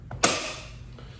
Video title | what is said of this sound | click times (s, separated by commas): MAJOR FLAW: Ryobi’s 4 Gallon Backpack Sprayer | When you put the battery in here, you also get a really nice positive click once the battery is inserted. | 0.2 s